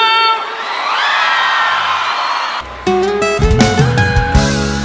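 A crowd screams and cheers in a loud, sustained, high-pitched roar that swells for a couple of seconds before band music bursts in underneath.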